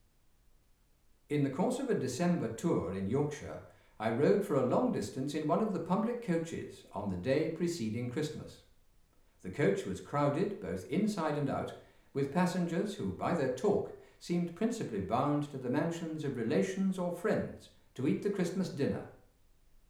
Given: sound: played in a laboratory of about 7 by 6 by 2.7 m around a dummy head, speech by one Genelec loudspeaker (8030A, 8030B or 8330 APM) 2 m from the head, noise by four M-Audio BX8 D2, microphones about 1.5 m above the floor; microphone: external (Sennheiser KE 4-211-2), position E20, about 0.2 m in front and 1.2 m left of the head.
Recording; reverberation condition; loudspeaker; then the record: male speech in English; medium; 30 degrees to the left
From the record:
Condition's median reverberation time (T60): about 510 ms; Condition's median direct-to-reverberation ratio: about -0.5 dB